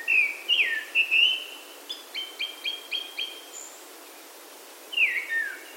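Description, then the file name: Japanese thrush song: clear whistled phrases, a run of repeated short double notes, then a final descending whistled slur. "kurotsu"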